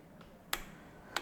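A torque wrench set to 17.5 Nm is pulled on a bolt of a damaged Range Rover engine being rebuilt, to test whether the bolt is already over that torque. The wrench gives a sharp click at 0.5 s, and another sharp click follows at 1.2 s. Despite the click, the fastener still seems to be turning.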